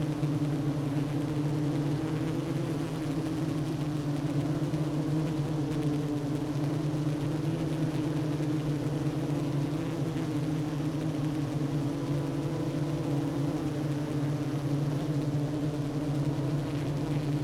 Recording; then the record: honeybee colony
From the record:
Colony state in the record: active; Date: 12 June 2018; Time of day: 11:00